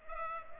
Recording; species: mosquito wingbeat signal from an infrared sensor; Culex pipiens